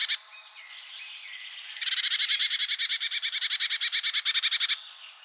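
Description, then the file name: Marsh tit: a few soft notes, then a sharp high note opening a rapid, evenly paced buzzy chatter lasting about three seconds before stopping abruptly. "Poecile palustris"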